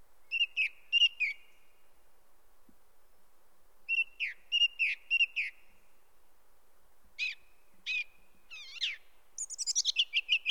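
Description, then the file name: Song thrush singing in short bursts of clear whistled and chirping notes, each phrase repeated two or three times, ending with a fast twittering run. "grive musicienne"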